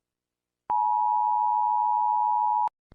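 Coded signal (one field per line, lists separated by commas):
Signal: Emergency Alert System (SAME) tones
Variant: 853 and 960 Hz attention tone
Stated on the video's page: Fictional EAS scenario.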